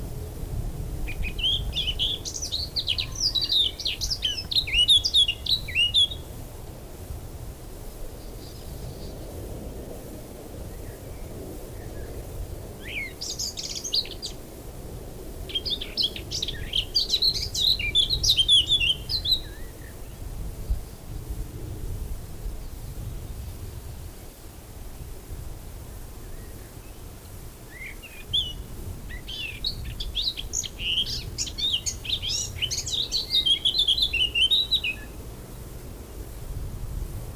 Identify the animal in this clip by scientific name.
Sylvia atricapilla